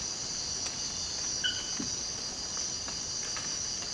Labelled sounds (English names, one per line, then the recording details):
none
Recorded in dense forest near Puerto Asís, Putumayo, Colombia, on 19 March 2025 at 04:30
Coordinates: 0.481, -76.323
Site G088